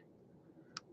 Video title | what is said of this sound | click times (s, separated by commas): CHAT AND KIT BUILD | like yeah there we go there we are did you hear that click then so yeah it is | 0.8 s